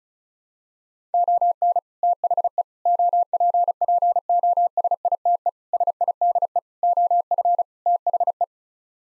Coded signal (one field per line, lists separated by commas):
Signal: Morse code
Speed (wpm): 36 wpm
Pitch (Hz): 700 Hz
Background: none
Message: ON THE OPPOSITE SIDE OF THE